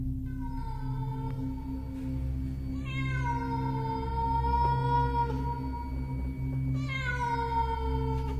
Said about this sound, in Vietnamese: Con mèo kêu lên mấy tiếng não nề.